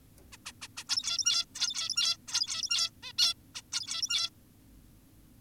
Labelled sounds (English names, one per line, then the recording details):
Zebra Finch
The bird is an adult
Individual g17y2U